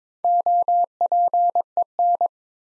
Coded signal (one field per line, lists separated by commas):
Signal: Morse code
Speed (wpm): 21 wpm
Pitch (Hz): 700 Hz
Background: none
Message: OPEN